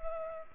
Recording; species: mosquito wingbeat signal from an infrared sensor; Culex pipiens